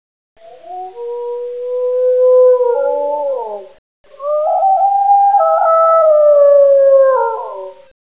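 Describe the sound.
Wolf howls: two long, smooth, mournful howls, each several seconds, gliding slightly and ending in a falling slur.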